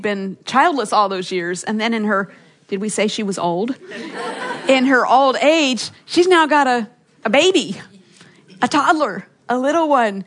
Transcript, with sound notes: She’d been childless all those years, and then in her—did we say she was old? (laughter) In her old age, she’s now got a baby, a toddler, a little one.